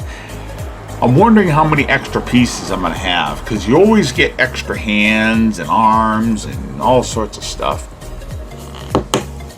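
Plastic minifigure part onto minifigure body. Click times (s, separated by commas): 9.1 s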